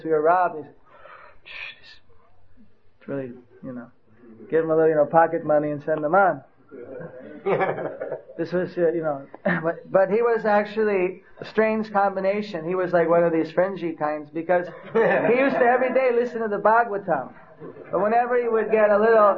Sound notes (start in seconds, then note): 6.7 laugh; 14.7 laugh